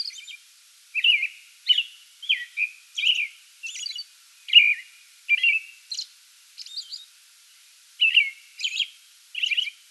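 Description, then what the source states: American robin singing a run of rich, slurred whistled phrases with occasional thin high squeaks and short pauses between groups. Song bout recorded 8 May 2022.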